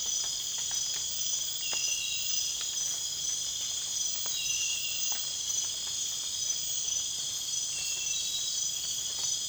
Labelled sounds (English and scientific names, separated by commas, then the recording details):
none
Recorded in dense forest near Puerto Asís, Putumayo, Colombia, on 25 June 2025 at 00:30
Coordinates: 0.466, -76.327
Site GP04